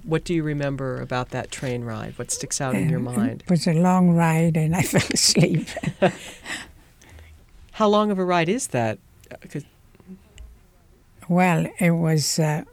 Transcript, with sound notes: What do you remember about that train ride? What sticks out in your mind?
It was a long ride, and I fell asleep. ( they laugh )
How long of a ride is that?
Well, it was